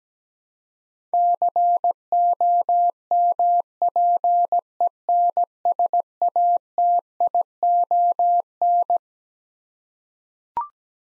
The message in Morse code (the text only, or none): COMPENSATION